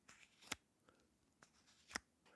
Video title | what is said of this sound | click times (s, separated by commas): Son demasiado BUENOS!!! Nothing Ear (Stick) review🔥 | we have a very satisfying click In fact I don't know if it will be heard I am going to do it to the microphone | 0.5 s, 2.0 s